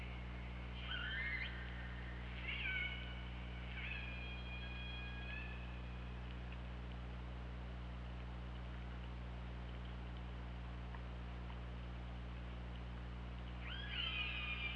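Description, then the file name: Killer whale calls: two short bent tonal calls, then a longer held call, a long quiet gap, and one more call near the end. Steady low hum throughout. Recorded on the OrcaLab hydrophone, 24 August 2017, at 23:30:47. "Orca Lab UTLN JASON 20170824 233047 ORCALABDYNI"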